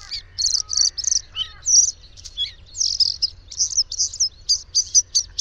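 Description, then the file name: Bluethroat singing a varied medley: a few lower whistled notes, then buzzy, scratchy phrases, ending in a quick series of sharp repeated ticks. "Gorgebleue a miroir"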